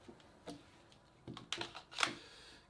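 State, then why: Not seated. A short polymer Krytac Vector magazine is pushed into the magazine well of a Krytac Vector airsoft rifle. Faint ticks give way to a cluster of sharper knocks and scrapes between about 1.3 and 2.0 s, the loudest at 2.0 s. The magazine feels stiff and has not clicked or seated yet.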